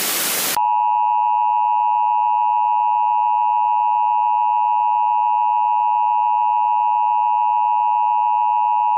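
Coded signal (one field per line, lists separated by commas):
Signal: Emergency Alert System (SAME) tones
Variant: 853 and 960 Hz attention tone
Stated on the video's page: Mock EAS alert made as analog horror fiction, not a real broadcast.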